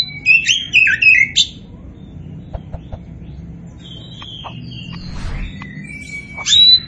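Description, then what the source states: Oriental magpie-robin song in short spells: a rapid tumble of high whistles at the start, scattered clicks, then a long thin whistle rising near the end. Kacer poci type, described as gacor (singing actively).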